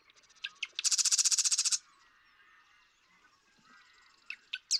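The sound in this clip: Marsh Wren song: a few ticking introductory notes, then one rapid, buzzy, rattling trill lasting about a second, followed by quiet and the start of another phrase.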